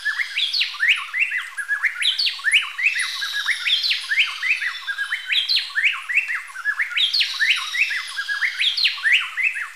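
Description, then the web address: Plain-tailed wren song: rapid, overlapping whistled phrases, sharp upslurred and downslurred notes in a steady, energetic rhythm. Recorded in Ecuador. "Birds of Ecuador. Plain-tailed Wren"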